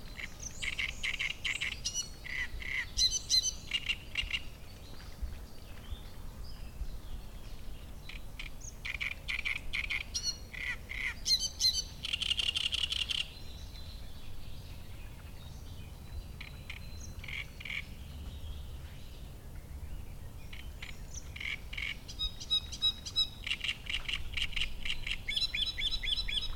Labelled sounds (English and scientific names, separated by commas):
Great Reed Warbler (Acrocephalus arundinaceus)